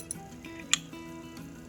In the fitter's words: Nah, kalau misalnya dia udah bunyi klik ke sini, itu berarti yang tutupnya tadi yang bawah itu